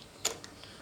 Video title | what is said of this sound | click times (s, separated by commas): Oleo Mac Petrol Strimmers/Brushcutters Assembly | Line up line up your your steel pipe with the hole. Again, you'll just hear it clicking in | 0.3 s